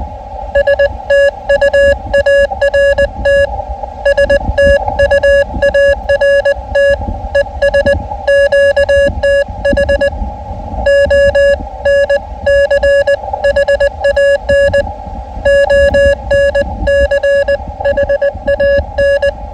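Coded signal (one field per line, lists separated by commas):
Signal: Morse code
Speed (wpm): 19 wpm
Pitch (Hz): 560 Hz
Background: none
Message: STUART STUART ES QTH ONCHAN ONCHAN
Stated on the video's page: Transmitted on an HF end-fed wire antenna, configurable as vertical, sloper or inverted L, covering 80 to 10m with an ATU.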